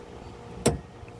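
A black fuel line quick connector is pushed back onto the end of the fuel filter (S 1833 B, 6Q0 201 051 C) on a 2013 VW Beetle 2.5L. Against a low steady background, one sharp, bright snap rings out at 0.7 s, followed by a much fainter tick near 1.1 s. The connector is seated back on the filter.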